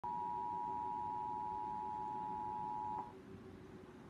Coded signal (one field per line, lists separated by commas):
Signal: Emergency Alert System (SAME) tones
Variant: 853 and 960 Hz attention tone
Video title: Emergency Alert System Test - September 6, 2023